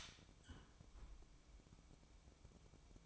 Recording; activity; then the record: daily activity, microphone in the room; close fridge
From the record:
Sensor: 1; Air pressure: 1007.9 hPa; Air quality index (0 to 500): 103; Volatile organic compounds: 1 ppm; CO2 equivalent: 879 ppm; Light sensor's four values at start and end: 12/28/11/13 and 12/28/11/13